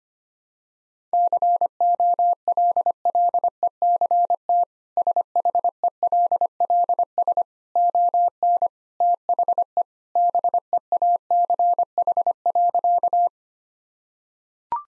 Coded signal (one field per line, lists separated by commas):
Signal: Morse code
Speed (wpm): 25 wpm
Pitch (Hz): 700 Hz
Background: none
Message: COLLECT SHELLS ON THE BEACH.